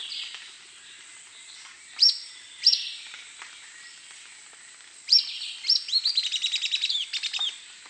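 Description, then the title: Grey elaenia singing: two sharp high notes early, a pause, then a burst of notes running into a quick chattering trill, with constant high insect buzz behind. "LuckyPassaro Completos2Sama. Grey Elaenia (Myiopagis caniceps)"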